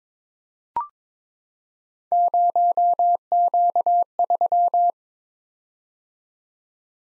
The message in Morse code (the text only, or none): 0Q3